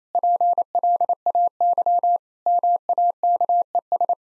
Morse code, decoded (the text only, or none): PLAY MAKES